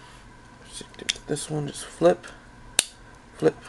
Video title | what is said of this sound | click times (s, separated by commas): RID OptimusPrime Review Pt.2 | lock it into place | 1.1 s